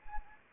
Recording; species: mosquito wingbeat signal from an infrared sensor; Anopheles arabiensis